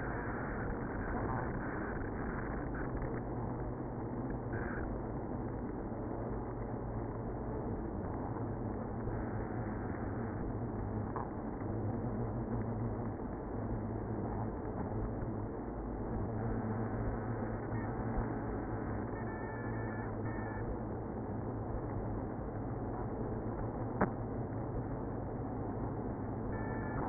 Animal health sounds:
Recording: honeybee colony, microphone inside the hive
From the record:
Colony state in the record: queenless (queen removed)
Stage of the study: after two queens were removed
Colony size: about 60,000 bees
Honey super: yes

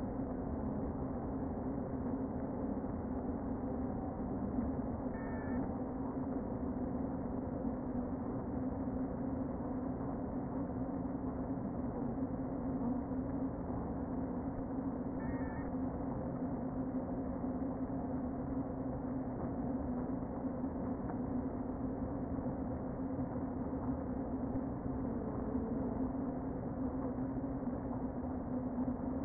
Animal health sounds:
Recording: honeybee colony, microphone inside the hive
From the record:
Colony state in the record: queen present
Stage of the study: before two queens were removed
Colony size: about 60,000 bees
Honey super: yes

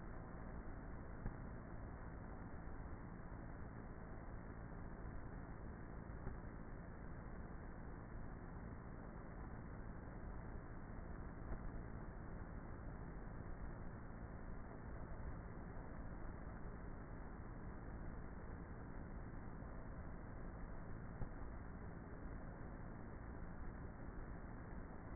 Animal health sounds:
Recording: honeybee colony, microphone inside the hive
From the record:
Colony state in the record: queenless with a low population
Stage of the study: before two queens were removed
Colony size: about 30,000 bees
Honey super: no

